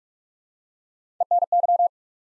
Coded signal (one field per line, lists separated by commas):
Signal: Morse code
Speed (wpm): 44 wpm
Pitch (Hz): 700 Hz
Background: none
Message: ENY